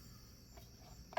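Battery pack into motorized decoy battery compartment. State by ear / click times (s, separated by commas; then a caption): seated / 1.2 s. An SLA battery pack is pushed back into the battery compartment of a motorized duck decoy. Steady low background noise with faint high-pitched hiss runs through the clip, then a sharp click at 1.2 s. The pack is seated in the compartment.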